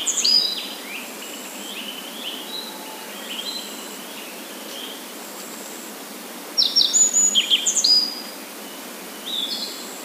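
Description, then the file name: Japanese yellow bunting song: a loud, quick phrase of high, sharp chirps and whistles past the middle, with fainter bird song around it. "nojiko"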